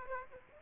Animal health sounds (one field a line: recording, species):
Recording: mosquito wingbeat signal from an infrared sensor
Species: Aedes aegypti